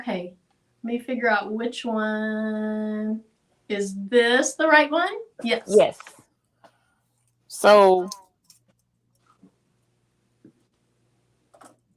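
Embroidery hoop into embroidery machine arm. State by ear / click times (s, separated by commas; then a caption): not seated / none. An embroidery hoop is handled and lined up against the embroidery machine's arm before being slid on. Someone talks for most of the first eight seconds, followed by a few small, quiet handling taps. The hoop has not seated or clicked into place yet.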